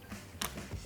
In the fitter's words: So that one pops right in with my fingers.